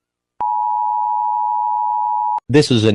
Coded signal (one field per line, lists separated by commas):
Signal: Emergency Alert System (SAME) tones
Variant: 853 and 960 Hz attention tone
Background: speech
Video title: What if California becomes its own nation EAS alarm